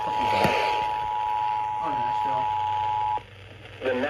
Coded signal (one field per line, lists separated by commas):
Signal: Emergency Alert System (SAME) tones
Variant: 853 and 960 Hz attention tone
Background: speech